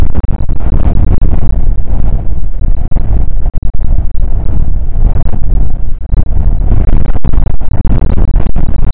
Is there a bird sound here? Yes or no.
no